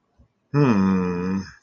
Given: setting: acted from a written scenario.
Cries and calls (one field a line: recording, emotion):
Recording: vocal sound without words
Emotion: confusion